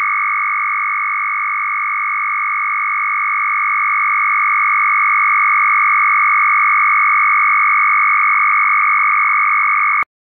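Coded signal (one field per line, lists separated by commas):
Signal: RTTY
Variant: Russian, 1000 Hz shift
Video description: Russian RTTY FSK 1000Hz mark and space separation.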